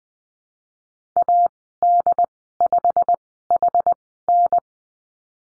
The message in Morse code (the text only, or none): AD5HN